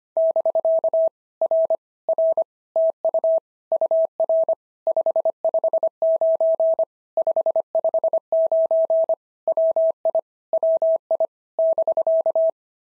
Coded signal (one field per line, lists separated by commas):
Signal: Morse code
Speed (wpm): 25 wpm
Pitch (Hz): 650 Hz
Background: none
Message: <BK> R R TU UR 559 559 WI WI <BK>